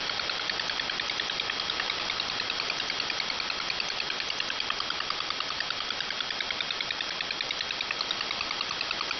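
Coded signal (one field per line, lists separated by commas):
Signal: multi-tone FSK (Olivia or MFSK type)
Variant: 4-FSK, 4 channels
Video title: MFSK Oddity, 4 FSK, 4 channel, 32 bit cycle, 100ms interval, 4kHz BW, 15905kHz, 6Nov2021, 2156z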